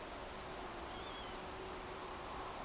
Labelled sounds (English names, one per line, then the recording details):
Northern Lapwing
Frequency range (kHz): Northern Lapwing 2.9-3.7 kHz
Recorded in France